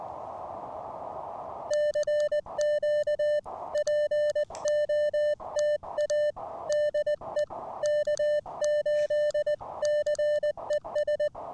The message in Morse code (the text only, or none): CQ POTA DE K8CES